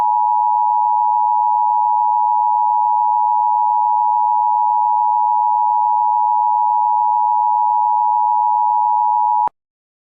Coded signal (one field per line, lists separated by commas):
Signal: Emergency Alert System (SAME) tones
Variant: 853 and 960 Hz attention tone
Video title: Creatures of the blood moon (EAS and also your Halloween video)